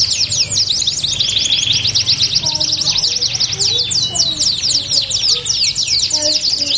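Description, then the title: Belgian canary song, rapid high rolling trills and sweeping notes running continuously, with a faint low hum underneath. Belgian canary song used to warm up and stimulate canaries to sing; said to make canaries respond and join in within seconds. "Canto Para Esquentar Canário Belga. LANGSUNG NYAUT. Pancingan suara kenari hitungan detik langsung ikut bunyi"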